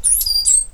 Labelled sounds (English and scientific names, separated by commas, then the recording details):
Stitchbird (Notiomystis cincta) song
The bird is a male
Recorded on Tiritiri Matangi Island, New Zealand, in 2005
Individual 8, of nest box 10